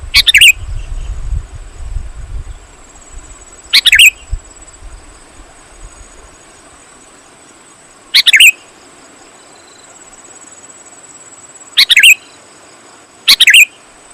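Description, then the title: Sooty-headed bulbul repeating short chirpy phrases with long irregular gaps, low rumbling noise early on and a thin high hum throughout. "kutilang"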